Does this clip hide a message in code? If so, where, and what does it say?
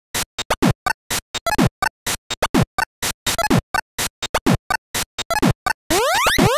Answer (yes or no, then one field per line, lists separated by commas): no